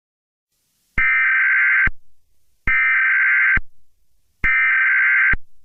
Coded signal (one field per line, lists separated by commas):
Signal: Emergency Alert System (SAME) tones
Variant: header bursts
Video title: The Storm of all Storms: A Mega EAS Scenario